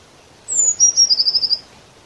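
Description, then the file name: Eurasian blue tit calling: a thin high note sliding down, then a fast run of about seven buzzy churring pulses lasting under a second. "Cyanistes caeruleus"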